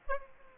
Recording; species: mosquito wingbeat signal from an infrared sensor; Aedes aegypti